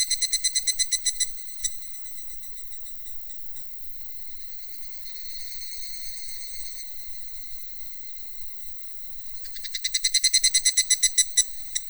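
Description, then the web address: Cicada call, quick buzzy pulses at first, settling into a softer continuous drone, then loud rhythmic pulsing returning near the end. "sound cicadas-hi"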